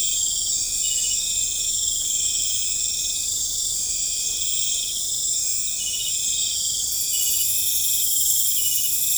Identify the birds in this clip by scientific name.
none